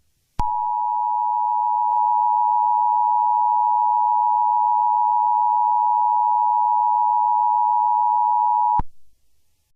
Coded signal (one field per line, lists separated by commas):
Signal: Emergency Alert System (SAME) tones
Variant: 853 and 960 Hz attention tone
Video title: After the Flash hurricane EAS